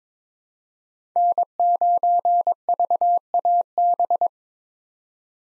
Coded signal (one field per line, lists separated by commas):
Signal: Morse code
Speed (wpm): 22 wpm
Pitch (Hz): 700 Hz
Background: none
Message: N9VAB